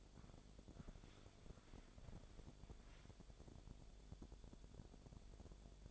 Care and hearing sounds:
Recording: daily activity, microphone in the room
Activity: walk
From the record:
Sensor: 5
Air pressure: 1000.6 hPa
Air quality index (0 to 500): 136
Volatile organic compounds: 2 ppm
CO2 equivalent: 1058 ppm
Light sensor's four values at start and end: 46/108/45/46 and 46/108/45/47

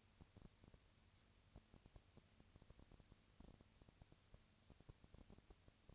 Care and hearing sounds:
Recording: daily activity, microphone in the room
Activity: no activity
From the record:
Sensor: 2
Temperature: 20.1 degrees Celsius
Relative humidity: 35.5%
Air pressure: 997.0 hPa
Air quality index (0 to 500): 198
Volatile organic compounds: 30 ppm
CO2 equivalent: 2963 ppm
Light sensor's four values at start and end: 2/3/2/2 and 2/3/2/2

